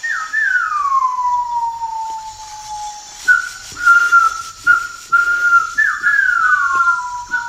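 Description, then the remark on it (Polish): Children whistle imitations of bird calls: a long sliding whistle falling in pitch, then a series of short, bright repeated chirps and rising-falling whistles, fairly loud with no talking. “No i potrafią cudownie naśladować odgłosy ptaków.”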